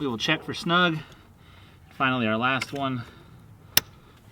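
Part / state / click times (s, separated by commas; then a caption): fuel line quick-connect onto fuel filter housing / seated / 3.8 s. Someone talks while the last fuel line quick-connect is pushed onto the fuel filter housing of a 2017–2019 F250 during a fuel filter change. A single sharp click sounds at 3.8 s. The connector is seated and clipped down, then checked.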